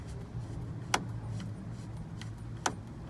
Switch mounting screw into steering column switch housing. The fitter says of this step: there you can hear that little click so once it goes click